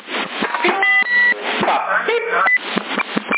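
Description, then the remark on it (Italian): A CB radio transmission beep: a few short, steady electronic tones at a bright mid-high pitch, sounding over crackly, band-limited radio noise with garbled voice-like chatter around them. “Cioè, ma squillante è il mio il bip.”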